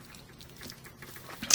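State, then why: Not seated. An alternate plastic head is pushed onto the neck peg of a GI Joe Classified Series #130 "Once a Man" Cobra Commander SDCC Exclusive action figure, with quiet rubbing and small tapping contacts followed by a louder, sharp tick at about 1.5 s at the very end. The head ends up sitting on the peg, but nothing has seated or clicked yet; it does not snap into place.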